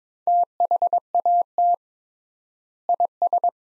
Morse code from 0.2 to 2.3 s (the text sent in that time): THAT